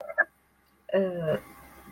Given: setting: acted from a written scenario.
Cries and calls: vocal sound without words; embarrassment

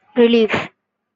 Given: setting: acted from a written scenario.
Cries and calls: vocal sound without words; relief

